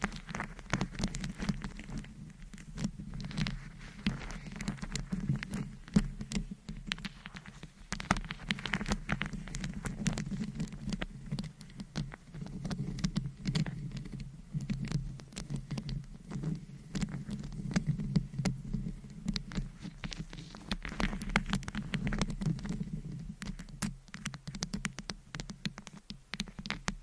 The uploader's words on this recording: ASMR Mic Scratching - Brain Scratching on 10 Different Mics. No Talking.